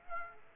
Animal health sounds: mosquito wingbeat signal from an infrared sensor; Aedes aegypti

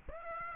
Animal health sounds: mosquito wingbeat signal from an infrared sensor; Aedes aegypti

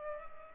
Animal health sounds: mosquito wingbeat signal from an infrared sensor; Culex pipiens

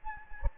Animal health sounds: mosquito wingbeat signal from an infrared sensor; Anopheles gambiae

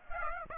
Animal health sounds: mosquito wingbeat signal from an infrared sensor; Aedes aegypti

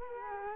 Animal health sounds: mosquito wingbeat signal from an infrared sensor; Culex quinquefasciatus

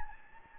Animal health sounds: mosquito wingbeat signal from an infrared sensor; Anopheles gambiae

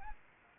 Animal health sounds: mosquito wingbeat signal from an infrared sensor; Anopheles arabiensis

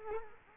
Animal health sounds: mosquito wingbeat signal from an infrared sensor; Culex quinquefasciatus

